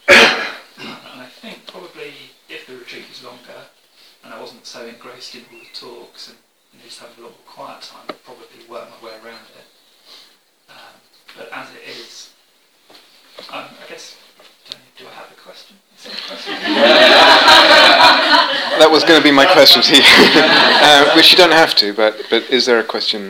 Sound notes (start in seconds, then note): 16.1 laughter; 19.7 laughter